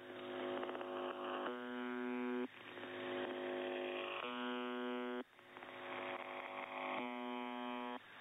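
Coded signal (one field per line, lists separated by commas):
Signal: channel marker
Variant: UVB-76 (The Buzzer)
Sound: rasping low buzz about 1 second long, repeating three times, with rough noise between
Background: radio static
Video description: no clue what is happening to the Buzzer this year.. it got some parasite on the carrier wave and now its even stopping transmitting the buzzer but the parasitic audio on it remains hearable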